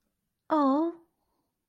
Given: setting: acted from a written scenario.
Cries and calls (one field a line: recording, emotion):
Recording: vocal sound without words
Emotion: disappointment